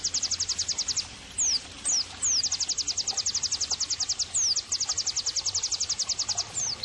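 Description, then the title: White-eye song: fast train of high ticking notes with occasional downward-sliding whistles woven in. Pleci singing actively (gacor); therapy and bird-training (masteran) audio. "Pleci Gacor. terapi pleci dextro 87 plus masteran kenari sahdu OmAcuz Dextro87 channel"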